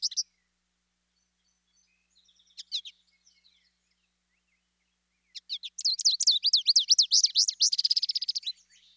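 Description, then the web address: American Goldfinch calls: a few short high chips, then a rapid run of bright twittering, wavering notes lasting about three seconds. Eastern North America. "Dan Gibson Wildlife Identification By Sound, Eastern North America Pt 2. American Goldfinch"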